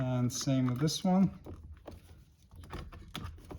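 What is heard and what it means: On a 2021-2026 Toyota Sienna front door, a second wiring harness connector is handled at the back of the master window switch as someone talks over the first 1.3 seconds. Quiet handling noise follows, with brief sharp ticks at about 1.9 and 3.2 seconds. The connector has not yet seated or clicked in before the clip ends.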